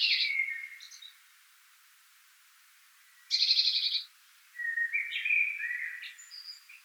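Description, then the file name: Eurasian blue tit calls: a fading buzzy churr, then a loud harsh churr, then a run of twittering, wavering notes. "Cyanistes caeruleus"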